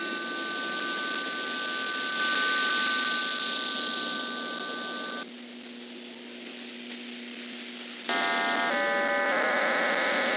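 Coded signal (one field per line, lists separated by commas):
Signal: numbers station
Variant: HM01 RDFT data burst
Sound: steady tones, a quiet humming pause, then a chord of many parallel warbling tones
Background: radio static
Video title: 09 05 2021 Number station Cuban Spy HM01 in Spanish to Eu,Am 0945 on 9240 Bejucal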